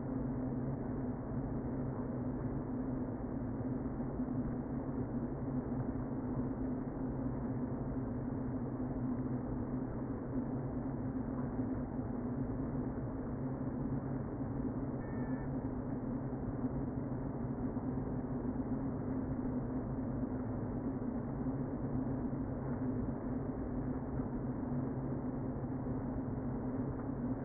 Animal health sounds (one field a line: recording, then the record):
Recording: honeybee colony, microphone inside the hive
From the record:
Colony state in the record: queen present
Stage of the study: before two queens were removed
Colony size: about 60,000 bees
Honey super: yes